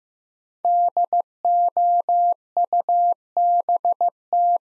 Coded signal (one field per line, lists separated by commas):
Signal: Morse code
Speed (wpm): 15 wpm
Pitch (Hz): 700 Hz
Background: none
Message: DOUBT